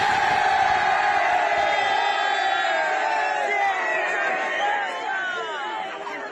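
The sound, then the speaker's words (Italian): A group of students from a school in Naples shouts together against bullying in a loud, sustained collective yell, with overlapping pitches rising and falling before gradually fading slightly at the end. “Dall'Istituto Galileo Ferrari di Napoli, anche noi vogliamo gridare contro il bullismo!”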